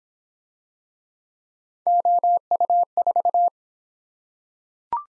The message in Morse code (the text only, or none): OU4